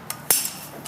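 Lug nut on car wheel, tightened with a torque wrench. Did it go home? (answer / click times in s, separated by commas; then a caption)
yes / 0.3 s. A torque wrench preset to 80 foot-pounds tightens a lug nut on a Hyundai car wheel, giving a sharp metallic click at 0.3 s with a brief ringing tail, as fainter light ticks sound around it. The click shows the wrench reached its setting, so the lug nut is tightened correctly.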